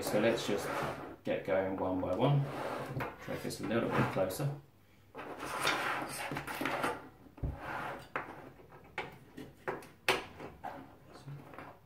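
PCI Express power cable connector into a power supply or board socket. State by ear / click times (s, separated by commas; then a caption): seated / 8.2 s, 9.0 s, 10.1 s. Plastic PCI Express power cable connectors are pushed one by one into their sockets on a power supply or board while someone talks, with some dragging and handling sounds. Sharp clicks ring out at 8.2 s, 9.0 s and 10.1 s as the connectors pop into place and seat, unlike GPU connectors that need continued pushing.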